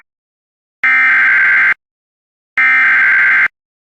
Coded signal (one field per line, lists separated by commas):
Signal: Emergency Alert System (SAME) tones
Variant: header bursts